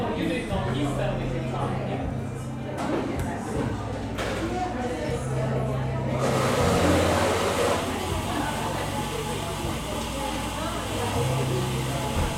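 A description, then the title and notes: Busy coffee shop chatter fills the room, a steady murmur of overlapping voices with a low hum running underneath. A few sharp clicks and clinks land in the first six seconds, then a louder hissing whir joins and carries on to the end. Cozy Coffee Shop Ambiance. The bustling ambiance of an English seaside town coffee shop. The sounds of clinking cups, whirring espresso machines, and lively chatter. This binaural field recording captures the vibrant atmosphere of a busy coffee shop.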